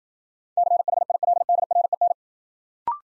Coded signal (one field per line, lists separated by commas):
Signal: Morse code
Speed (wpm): 53 wpm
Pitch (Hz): 700 Hz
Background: none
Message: CHILDREN